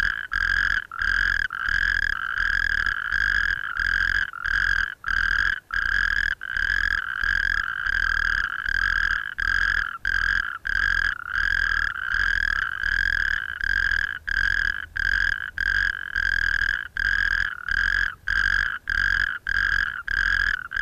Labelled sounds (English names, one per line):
Natterjack Toad call